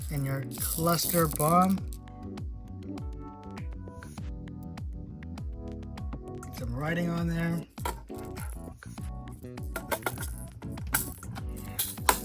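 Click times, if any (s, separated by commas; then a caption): 12.1 s. Someone talks over background music while fitting a plastic cluster bomb part, filled with BB-like pellets and marked with writing, onto a G.I. Joe Classified HasLab Cobra Rattler ground attack jet toy. Small handling clicks and taps are followed by a sharp final click at 12.1 s as the cluster bomb snaps into place on the jet.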